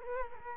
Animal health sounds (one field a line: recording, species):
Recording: mosquito wingbeat signal from an infrared sensor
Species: Culex quinquefasciatus